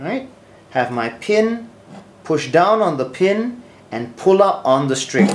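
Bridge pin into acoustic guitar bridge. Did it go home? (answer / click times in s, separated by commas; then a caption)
no / none. A plastic bridge pin is handled at an acoustic guitar bridge, pushed down into the bridge while the string is pulled up so the ball end will lock against the bridge plate. Someone talks throughout, with soft handling noise between the words. Nothing has seated or clicked yet.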